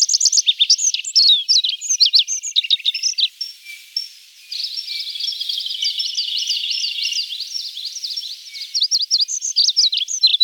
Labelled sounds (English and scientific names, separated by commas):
Olive-backed Pipit (Anthus hodgsoni) song